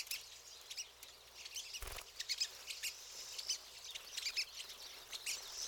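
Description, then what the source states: Pine siskins twittering in a busy flock, quick high chips overlapping, with one short dull thump. Several birds.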